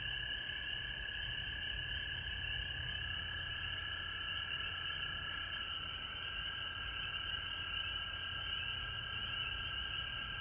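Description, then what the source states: Frogs trilling together in a constant high-pitched drone that runs through the whole stretch without a break. Recorded at home in Georgia on March 19, 2020.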